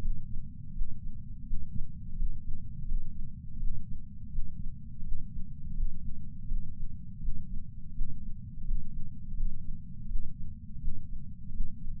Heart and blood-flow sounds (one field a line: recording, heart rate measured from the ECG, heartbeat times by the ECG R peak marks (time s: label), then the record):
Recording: heart sounds by patch sensor on the chest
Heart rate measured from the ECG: 83 bpm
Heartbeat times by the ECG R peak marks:
0.74 s: heartbeat
1.45 s: heartbeat
2.18 s: heartbeat
2.88 s: heartbeat
3.59 s: heartbeat
4.31 s: heartbeat
5.04 s: heartbeat
5.76 s: heartbeat
6.48 s: heartbeat
7.21 s: heartbeat
7.93 s: heartbeat
8.66 s: heartbeat
9.37 s: heartbeat
10.08 s: heartbeat
10.80 s: heartbeat
11.52 s: heartbeat
From the record:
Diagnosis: coronary artery disease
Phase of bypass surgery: preoperative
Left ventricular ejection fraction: 50.8%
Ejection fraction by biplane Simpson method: 50%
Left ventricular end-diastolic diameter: 50 mm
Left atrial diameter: 32 mm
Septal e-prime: 7.2 cm/s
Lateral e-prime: 9.1 cm/s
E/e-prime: 8.5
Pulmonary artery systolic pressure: 23 mmHg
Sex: male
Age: 65 years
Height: 170 cm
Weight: 65 kg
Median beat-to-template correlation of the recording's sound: 0.75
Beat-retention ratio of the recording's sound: 0.96